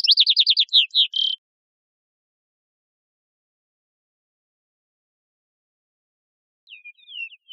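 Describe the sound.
Vesper sparrow song fragment: fast descending trill ending on a buzzy note, then silence and the faint start of another song.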